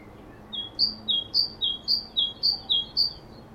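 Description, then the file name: Great tit song: a bright two-note phrase, high then lower, repeated rapidly about five times at a steady rhythm against a quiet background. "Parus major"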